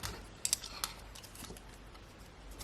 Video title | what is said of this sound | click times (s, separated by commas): HG 1/144 GUNDAM ROSE REVIEW! | and these sections actually pop out just like that | 0.5 s